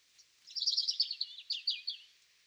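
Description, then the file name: European robin song: a rapid, high twittering phrase of sharp, tinkling notes lasting about a second and a half. "Erithacus rubecula"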